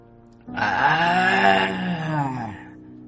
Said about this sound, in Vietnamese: Tiếng kêu thảm thiết của Ngô Kiểu U vọng ra từ sâu trong bông hoa.